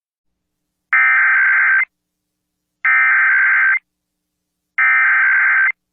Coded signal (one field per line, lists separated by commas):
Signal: Emergency Alert System (SAME) tones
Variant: header bursts